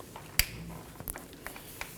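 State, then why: Seated. The plastic cooling fan harness connector on a 2018–2024 Chevrolet Equinox 1.5L L4 is slid over and pushed down into the fan motor socket during a radiator replacement. A sharp click at 0.4 s is followed by fainter ticks near 1.1, 1.5 and 1.8 s. The connector is confirmed seated and secure.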